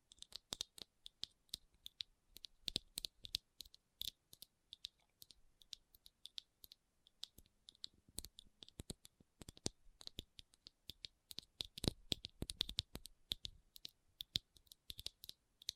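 Rhinestones being tapped and scratched give a dense, irregular run of sharp, bright clicks and ticks that continues for the whole clip. Clusters of quick taps alternate with brief gaps, with some louder bursts around the twelve-second mark against a quiet background.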